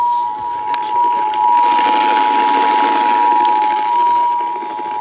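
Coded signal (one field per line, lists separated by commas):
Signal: Emergency Alert System (SAME) tones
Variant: 853 and 960 Hz attention tone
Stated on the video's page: Valid EAS/SAME tones of Virginia's Required Monthly Test, captured from FM radio stations and an Ion TV station with an old camcorder.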